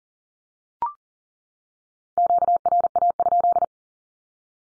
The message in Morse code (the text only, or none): QRA?